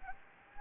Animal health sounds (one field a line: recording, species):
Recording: mosquito wingbeat signal from an infrared sensor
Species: Anopheles gambiae